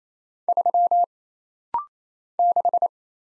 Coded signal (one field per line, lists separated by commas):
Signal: Morse code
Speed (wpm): 27 wpm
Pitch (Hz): 700 Hz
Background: none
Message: 3 6